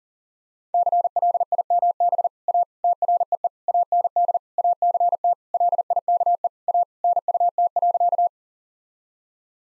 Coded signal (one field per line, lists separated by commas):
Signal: Morse code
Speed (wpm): 37 wpm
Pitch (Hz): 700 Hz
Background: none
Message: CLIMB A TREE AND ACT LIKE A NUT.